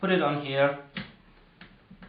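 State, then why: Seated. Someone talks as a waist-level viewfinder is put onto the top of a Zenza Bronica camera body. It clicks at 1.0 s as it locks in place, and two fainter ticks follow at about 1.6 and 2.0 s. The viewfinder is seated on the body.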